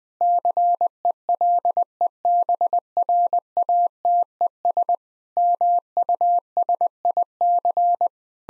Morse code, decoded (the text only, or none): CELEBRATES MUSIC